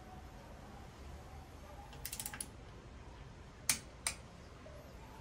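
A torque wrench set to 7 Nm, up from 5 Nm, tightens a bolt on the stem of a Trinx Strikfer K026 bicycle fitted with a Ragusa RB 500 rigid fork. A few soft ticks at about 2.1–2.4 s lead to a sharp click at 3.7 s, followed by a second, slightly quieter click at 4.1 s. The click shows the wrench has reached its 7 Nm setting.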